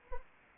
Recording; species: mosquito wingbeat signal from an infrared sensor; Anopheles arabiensis